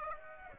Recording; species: mosquito wingbeat signal from an infrared sensor; Aedes aegypti